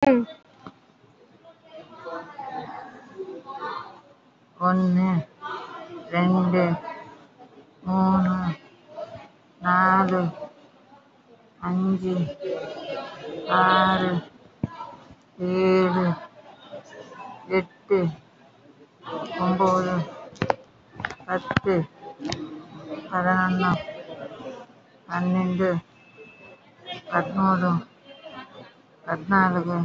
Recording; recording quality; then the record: counting at a normal pace; poor, much background noise or distortion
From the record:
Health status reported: COVID-19 positive, moderate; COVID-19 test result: positive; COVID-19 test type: RT-PCR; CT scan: taken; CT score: 5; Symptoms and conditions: cough, cold, breathing difficulty, sore throat, fatigue, muscle pain, loss of smell and taste, asthma, hypertension, diabetes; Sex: female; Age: 69 years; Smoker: no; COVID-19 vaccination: one dose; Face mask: worn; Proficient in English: yes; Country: India